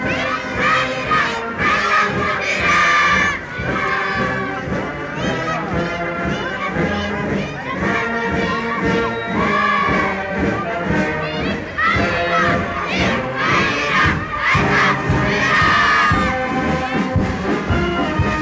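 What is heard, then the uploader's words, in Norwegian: A cheering children's parade with a marching band. Many young voices shout and cheer in a dense, steady mass, with bright rising calls standing out around the third, tenth and fifteenth seconds. Beneath them runs a low, continuous layer of band sound and crowd noise. Lyden av jublende barnetog og korps på 17.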